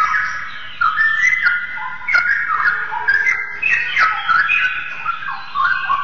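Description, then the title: Oriental magpie-robin song of clear whistles, slurred notes and sharp chirps in steady phrases. "Kicau Kacer"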